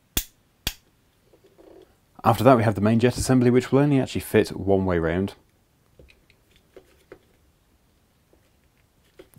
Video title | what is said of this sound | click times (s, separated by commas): I did EXACTLY what you SHOULDN'T do | and then it will just click into place | 0.2 s, 0.7 s